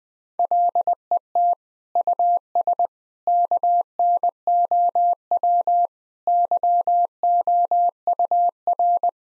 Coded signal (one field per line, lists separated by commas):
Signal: Morse code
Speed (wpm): 20 wpm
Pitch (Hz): 700 Hz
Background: none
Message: LET US KNOW YOUR